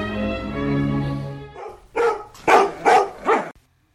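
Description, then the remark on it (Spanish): A steady, drawn-out whine with a level pitch gives way to four loud, sharp barks from the dogs of Patlón in quick succession, then silence. “Los perros de Patlón.”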